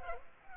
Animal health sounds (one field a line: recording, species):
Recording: mosquito wingbeat signal from an infrared sensor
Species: Culex pipiens